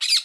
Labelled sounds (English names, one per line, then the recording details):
Brown-throated Parakeet contact call
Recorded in Curacao
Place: Hoffi Jan Thiel
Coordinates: 12.094, -68.877